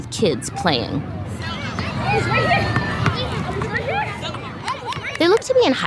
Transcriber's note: The sound of birds chirping and kids playing basketball at Morningside Park begins